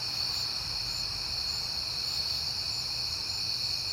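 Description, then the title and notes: Crickets give a continuous high trilling chorus, several tones overlapping, with a faint low rumble. Crickets calling at night in September, on a peaceful night. "Night Time: Crickets and Passing Cars. It is September and I have been hearing the crickets a lot, but finally had a peaceful night to make the recording"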